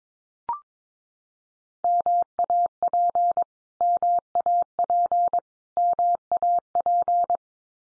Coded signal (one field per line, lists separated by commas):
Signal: Morse code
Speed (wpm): 22 wpm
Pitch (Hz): 700 Hz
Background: none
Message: MAP MAP MAP